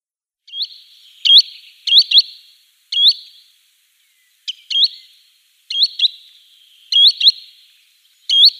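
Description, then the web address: Green sandpiper calls: ringing, high, upward-flicked notes given singly or in quick pairs, separated by short pauses. "Schulze Peter Green Sandpiper calls"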